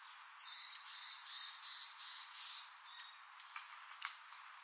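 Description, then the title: Bird song: high, thin chirps and short twittering trills, busiest in the first three seconds, then scattered single notes over a hissy background. "LuckyPassaro Completos2Sama"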